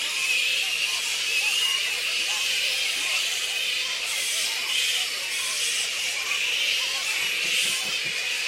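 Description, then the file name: Black flying fox colony, constant shrill squeaking and chattering from many animals. A colony of black fruit bats squeaking. "black fruit bats -pteropus alecto colony squeaks"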